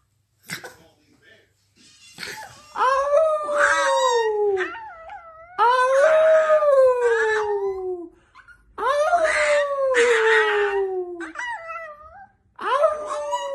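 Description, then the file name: Dog howling in long, drawn-out wails that slide downward, about four howls separated by short pauses, with a few faint yelps in between. Cute dog barking. "Tieng cho sua de thuong dang yeu"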